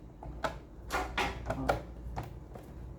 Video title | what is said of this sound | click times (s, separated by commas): como abrir cafeteira nespresso vertuo next limpeza na lente motor | Foi, encaixou aqui. | 1.2 s, 1.7 s